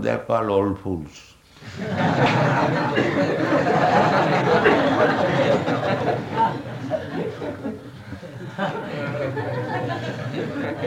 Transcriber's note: laughter